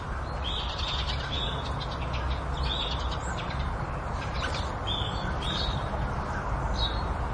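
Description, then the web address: Birds chirping: a scattered run of brief high chirps, some in quick pairs, throughout, with a steady background hiss and low rumble. Suburban setting; agitated birds, flapping. "suburban ambience with agitated birds flapping and chirping"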